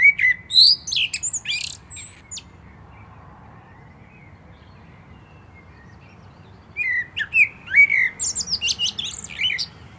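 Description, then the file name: Common blackbird song in two bursts, fluty warbles mixed with sharp high chittering notes, with a quiet gap between them. "Turdus merula"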